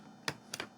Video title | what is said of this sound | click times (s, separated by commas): X-FLY C-17 UNBOX & BUILD by FGFRC #aviation #rcjets #militaryaircraft | And that should click. And it clicks right into place. | 0.3 s